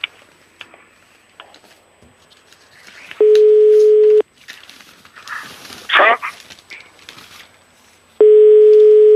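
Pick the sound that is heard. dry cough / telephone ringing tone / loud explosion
telephone ringing tone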